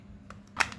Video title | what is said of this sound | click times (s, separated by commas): PERBAIKI KIPAS AC MINI FAN X.05‼️ KIPAS MINI COOLER @gempurabis9242 | Sampai bunyi klik. | 0.3 s